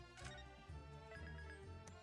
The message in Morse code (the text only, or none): none